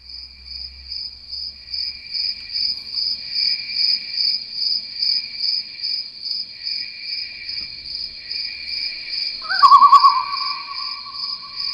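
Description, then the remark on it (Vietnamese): Night insects and crickets chirp in a garden at night in a steady, high-pitched pulsing drone that swells and fades in rhythm, with a brief sharper call breaking in near the end. “Ví dụ như mình nghe thử một cái đoạn ban thu cái tiếng mà những cái con côn trùng ban đêm nó kêu trong vườn nha.”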